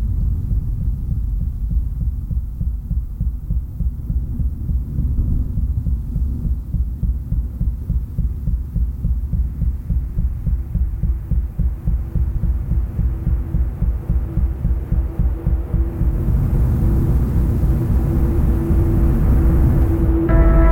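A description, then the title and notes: Deep, muffled heartbeats pulse steadily and speed up until the beats blur into a continuous throb. From about sixteen seconds the sound swells into a huge, roaring turbine, with a whining tone rising above the low rumble near the end. Robert Fulton - Complex Riser Fatal Acceleration 1. An accelerating, pulsing heartbeats morph into a huge turbine.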